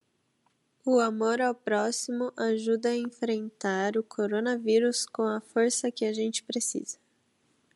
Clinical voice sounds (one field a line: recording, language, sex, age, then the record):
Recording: spoken sentence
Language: Brazilian Portuguese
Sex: female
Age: 20 to 29 years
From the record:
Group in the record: control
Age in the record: 28 years